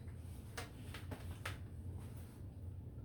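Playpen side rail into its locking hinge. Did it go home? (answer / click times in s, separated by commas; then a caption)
yes / 1.5 s. A playpen side rail is pulled out into its locking hinge. A few short knocks and rattles come before a sharp click at 1.5 s, when the rail latch locks into place, over a steady low hum.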